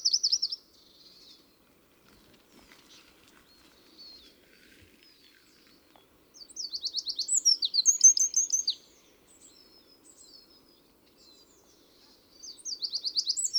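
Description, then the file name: Eurasian wren song: a short high burst at the start, a loud two-second run of rapid notes and trills midway, and another burst near the end. "Troglodytes troglodytes"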